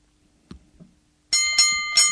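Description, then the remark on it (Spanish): After two soft knocks, a bright, metallic bell rings out loudly three times in quick succession, each strike overlapping the last with a sustained, shimmering high tone, signalling a change of roles. “Ante la campana, inmediatamente, y antes de la última definición, el cambio de roles.”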